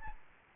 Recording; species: mosquito wingbeat signal from an infrared sensor; Aedes albopictus